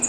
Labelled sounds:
Bay-breasted Warbler flight call

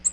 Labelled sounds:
Nashville Warbler flight call

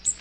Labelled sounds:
Magnolia Warbler flight call

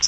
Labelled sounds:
Common Yellowthroat flight call

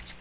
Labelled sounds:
Magnolia Warbler flight call

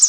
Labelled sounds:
Pine Warbler flight call

